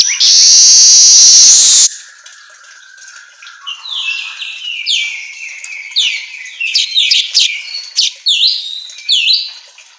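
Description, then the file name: Weaver song: a two-second harsh hiss, then squeaky wheezing notes growing into loud scratchy chips and slurred whistles. Continuously singing song style (auto gacor), used for training songbirds. "Suara Kicau Manyar Kepala Emas Auto Gacor"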